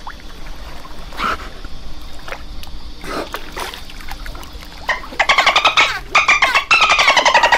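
Dolphin calls: scattered clicks and brief squeaks at first, then loud rapid buzzy pulse bursts with harmonic bands over the last two and a half seconds.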